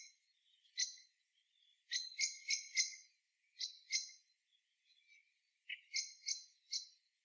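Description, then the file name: Common blackbird giving sharp, clicking chink notes, singly, in pairs and in quick bursts of three or four, scattered irregularly over several seconds. "Turdus merula"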